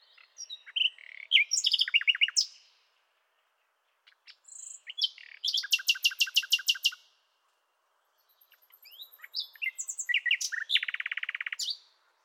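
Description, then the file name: Common nightingale singing varied phrases separated by short pauses, mixing chirps, rapid buzzy rattles and fast repeated trills. "Luscinia megarhynchos"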